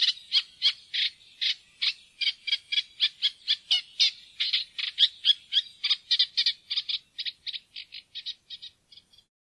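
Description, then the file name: Eurasian reed warbler song, a quick, grating chatter of repeated notes about four a second, thinning and fading toward the end. "roersanger"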